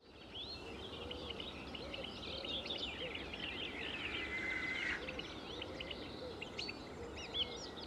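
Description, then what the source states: Birds in a busy chorus: many overlapping chirps and whistled notes, with one long steady whistle midway, over a soft outdoor background hum. Morning countryside ambience with many birds at Saint-Nom-la-Bretèche, France; MS stereo recording with Schoeps CMC6-MK41/CCM8 microphones on a Sound Devices 633 recorder.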